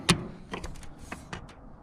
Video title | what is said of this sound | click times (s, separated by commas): Replacing busted grill on 2008 Freightliner Century | this just pops into place hopefully | 0.1 s